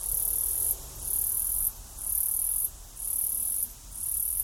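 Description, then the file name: Cicada call: high, harsh buzzing bursts, each under a second long, repeated about once a second with short pauses between. Australia; short and long calls. "INSECT AUS CICADA SHORT LONG"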